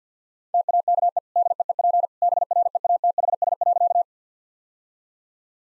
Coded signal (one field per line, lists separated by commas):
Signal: Morse code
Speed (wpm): 50 wpm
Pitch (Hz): 700 Hz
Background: none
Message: TAKE DEEP BREATHS.